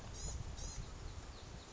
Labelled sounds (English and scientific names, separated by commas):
Blue-gray Gnatcatcher (Polioptila caerulea)